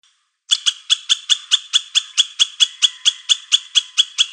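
Squirrel call: after a moment of silence, an unbroken train of harsh, rapid, evenly spaced notes.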